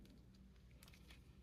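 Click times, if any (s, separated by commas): none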